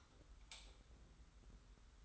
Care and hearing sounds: daily activity, microphone in the room; light off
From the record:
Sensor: 3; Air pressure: 990.9 hPa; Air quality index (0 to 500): 117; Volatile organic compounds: 78 ppm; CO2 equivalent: 3592 ppm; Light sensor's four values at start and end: 40/97/39/36 and 37/88/35/33

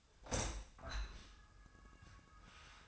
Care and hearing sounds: daily activity, microphone in the room; open window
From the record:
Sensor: 2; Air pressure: 1004.5 hPa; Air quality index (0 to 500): 83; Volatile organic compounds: 2 ppm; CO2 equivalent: 983 ppm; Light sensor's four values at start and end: 6/14/5/6 and 6/14/5/6

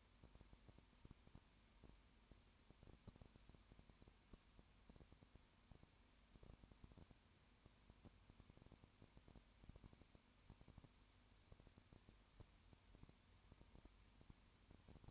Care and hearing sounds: daily activity, microphone in the room; no activity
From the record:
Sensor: 2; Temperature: 20.8 degrees Celsius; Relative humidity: 38.3%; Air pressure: 1010.4 hPa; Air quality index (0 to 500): 200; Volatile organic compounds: 19 ppm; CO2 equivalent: 2655 ppm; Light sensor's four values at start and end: 2/3/2/2 and 2/3/2/2

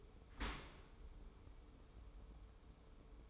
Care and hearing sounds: daily activity, microphone in the room; open dishwasher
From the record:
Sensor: 1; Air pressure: 1015.0 hPa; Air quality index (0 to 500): 25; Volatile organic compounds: 1 ppm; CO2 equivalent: 503 ppm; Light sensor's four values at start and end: 13/30/12/13 and 13/30/12/13

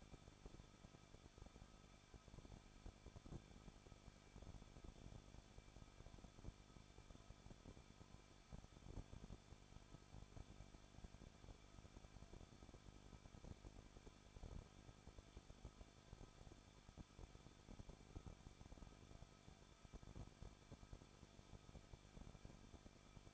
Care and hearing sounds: daily activity, microphone in the room; no activity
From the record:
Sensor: 5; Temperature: 20.8 degrees Celsius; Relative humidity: 38.6%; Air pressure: 1006.5 hPa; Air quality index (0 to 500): 192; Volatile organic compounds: 21 ppm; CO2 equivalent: 2714 ppm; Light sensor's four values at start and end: 2/3/1/1 and 2/3/1/1

